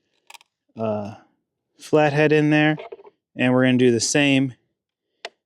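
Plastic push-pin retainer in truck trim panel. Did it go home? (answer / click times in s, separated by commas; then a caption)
released / 5.2 s. Someone talks while a flathead screwdriver is pushed into a plastic push-pin retainer in a RAM 3500 truck trim panel and twisted. At 5.3 s a short, sharp pop is heard as the pin pops out, and the retainer is released.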